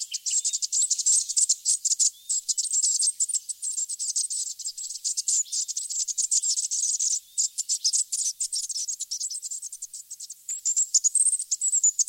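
Striated thornbill calls: continuous rapid high-pitched twittering and buzzy chips with hardly any gaps.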